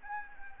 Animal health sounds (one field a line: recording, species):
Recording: mosquito wingbeat signal from an infrared sensor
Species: Anopheles gambiae